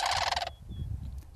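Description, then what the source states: Greater Sandhill Crane ending a harsh, rattling rolled call that breaks off after half a second, then a low background rumble. Parents throw back their heads and beat their wings while calling to defend the nest; pair nesting near Howard Prairie Lake in the Cascades, Oregon, in June.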